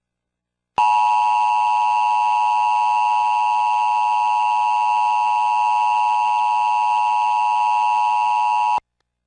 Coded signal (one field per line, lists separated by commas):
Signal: Emergency Alert System (SAME) tones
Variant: 853 and 960 Hz attention tone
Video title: The history of the emergency alert systems (eas)